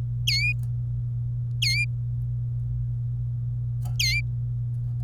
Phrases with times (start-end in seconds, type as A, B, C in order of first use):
0.27-0.52 A, 1.62-1.84 A, 4.00-4.20 A